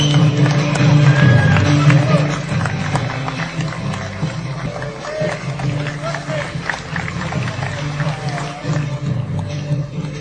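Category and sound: crowd, audience applause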